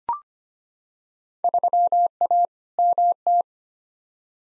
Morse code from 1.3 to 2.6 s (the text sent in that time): 3A